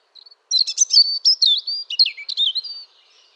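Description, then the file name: European robin song: a rapid, tumbling phrase of high thin whistles and twittering trills lasting about two and a half seconds, then stopping. "Erithacus rubecula"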